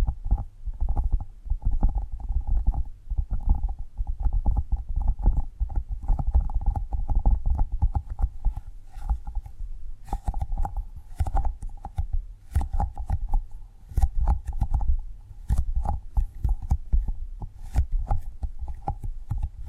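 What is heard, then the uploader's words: Tapping and gripping sounds fill the clip: dense, irregular taps and thuds with a heavy low body, packed closely together throughout. Sharper, brighter clicks stand out more often after the midpoint, and a faint steady tone hums underneath the whole time. ASMR Tapping and Gripping Sounds for Sleep No Talking.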